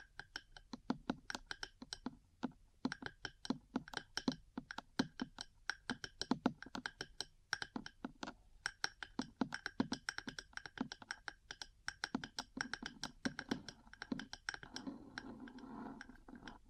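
Metal parts tap in quick, irregular clicks throughout, with a scratchy, grinding rub building near the end around fourteen seconds.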